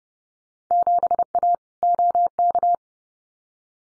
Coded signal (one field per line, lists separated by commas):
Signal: Morse code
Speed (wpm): 30 wpm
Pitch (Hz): 700 Hz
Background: none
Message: 7A OK